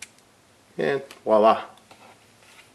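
The small plastic coupler of a Kato Düwag N-scale model tram's dummy car slides into the power car and pops in with a sharp tick at 0.0 s, seating the two cars together. Someone then talks.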